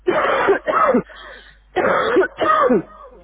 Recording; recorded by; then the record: voluntary cough; telephone call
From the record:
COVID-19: positive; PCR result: checked with the laboratory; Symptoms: yes